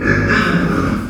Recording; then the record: squeal of a Yucatan mini pig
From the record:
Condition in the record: after surgery on the right vocal fold (resection and tissue-engineered implant); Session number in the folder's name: 12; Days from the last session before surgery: 105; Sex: female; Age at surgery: 19 weeks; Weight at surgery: 25 kg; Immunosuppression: prednisolone